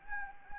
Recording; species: mosquito wingbeat signal from an infrared sensor; Anopheles gambiae